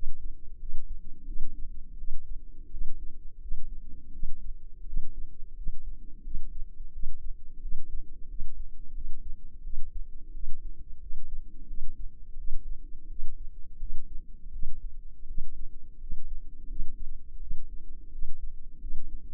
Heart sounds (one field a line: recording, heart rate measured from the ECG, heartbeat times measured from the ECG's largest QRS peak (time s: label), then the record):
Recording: heart sounds by microphone in the left ear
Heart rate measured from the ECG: 86 bpm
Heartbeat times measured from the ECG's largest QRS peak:
0.58 s: heartbeat
1.25 s: heartbeat
1.97 s: heartbeat
2.70 s: heartbeat
3.40 s: heartbeat
4.11 s: heartbeat
4.85 s: heartbeat
5.55 s: heartbeat
6.22 s: heartbeat
6.91 s: heartbeat
7.60 s: heartbeat
8.27 s: heartbeat
8.93 s: heartbeat
9.62 s: heartbeat
10.32 s: heartbeat
11.00 s: heartbeat
11.66 s: heartbeat
12.37 s: heartbeat
13.08 s: heartbeat
13.78 s: heartbeat
14.51 s: heartbeat
15.26 s: heartbeat
15.99 s: heartbeat
16.67 s: heartbeat
17.39 s: heartbeat
18.10 s: heartbeat
18.79 s: heartbeat
From the record:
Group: healthy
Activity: rest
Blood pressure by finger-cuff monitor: 127/67 mmHg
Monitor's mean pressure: 88 mmHg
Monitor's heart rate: 87 bpm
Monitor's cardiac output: 8.1 L/min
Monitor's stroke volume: 94 mL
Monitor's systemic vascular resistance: 790 dyn s/cm5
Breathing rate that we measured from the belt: 24 breaths a minute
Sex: female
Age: 24 years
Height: 163 cm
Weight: 55.7 kg